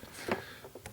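A plastic Point Dread tower piece is pressed onto the top of a plastic Castle Grayskull playset, giving a louder pressing sound at 0.3 s. A sharp click follows at 0.9 s as the piece snaps into place and seats.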